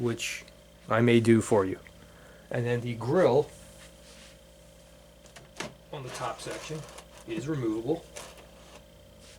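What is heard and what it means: Someone talks while the removable magnetic grille for the top section of a Klipschorn AK6 loudspeaker cabinet, held by rare-earth magnets, is handled. A few faint ticks come at about 5.3 and 5.4 seconds, then a sharper tap at 5.6 seconds, and the talking continues. Nothing has seated or snapped into place yet.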